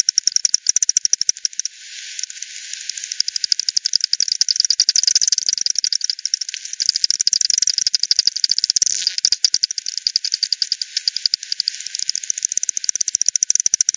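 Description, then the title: Bats tick continuously in fast, dense click trains through the whole stretch above faint hiss. Multiple bats at Hogsmill River, Hogsmill Lane, 7 Oct 2020, 18:10 Z; frequency-division (FD10) recording, bandpass filtered 1500 to 7500, resampled 48 to 16 ksps. "WW bat 20201007 T 18 : 10 Z-Hogsmill-Lane-Hogsmill-River-multiple-bats-FD 10"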